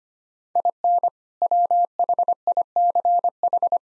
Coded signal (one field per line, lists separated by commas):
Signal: Morse code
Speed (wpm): 25 wpm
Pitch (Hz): 700 Hz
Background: none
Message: IN WHICH